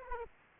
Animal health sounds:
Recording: mosquito wingbeat signal from an infrared sensor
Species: Aedes aegypti

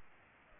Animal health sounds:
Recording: mosquito wingbeat signal from an infrared sensor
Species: Culex pipiens

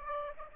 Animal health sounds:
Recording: mosquito wingbeat signal from an infrared sensor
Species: Aedes aegypti

